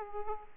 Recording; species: mosquito wingbeat signal from an infrared sensor; Aedes aegypti